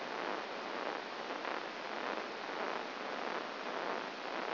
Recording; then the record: brain microelectrode recording played as sound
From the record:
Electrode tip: outside the subthalamic nucleus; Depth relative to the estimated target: 4 mm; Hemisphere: left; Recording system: AlphaMap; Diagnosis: Parkinson's disease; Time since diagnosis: 15 years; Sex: female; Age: 68 years